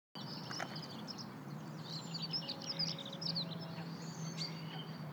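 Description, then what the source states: Bird chorus of quick high chirps and brief whistled notes, irregular and overlapping, with a constant low hum and rumbling noise beneath. Birds singing in a city.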